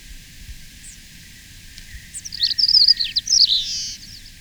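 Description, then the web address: Paramo Pipit singing: a few faint high notes, then a rapid, tumbling phrase of thin twitters ending in a buzzy trill. Ecuador. "Natures Songs S America Birds of Ecuador Paramo Pipit"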